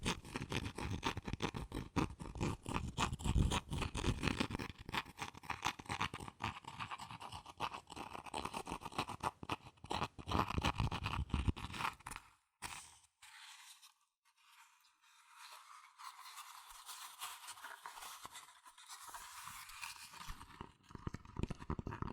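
Fast, dense cardboard and paper scratching and tapping for twelve seconds, then a near-silent gap, followed by softer, thinner brushing sounds.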